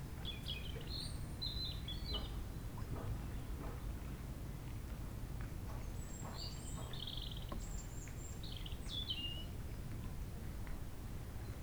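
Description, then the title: European robin song: faint, scattered high thin warbled phrases, trilled and wavering notes over a steady low rumble of wind. Chindrieux, France; sunny sloping lawn at Châtillon beach, sheltered from the north wind; robin singing not far away; wind murmuring in the trees. "Chem. des Rubellines, Chindrieux, France - rouge gorge"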